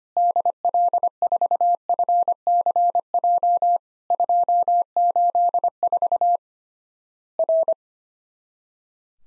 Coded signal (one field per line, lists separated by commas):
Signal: Morse code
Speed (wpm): 25 wpm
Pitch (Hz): 700 Hz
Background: none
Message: DL4FCJ 284 R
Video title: Worked All Europe DX Contest QTC Exchange 25wpm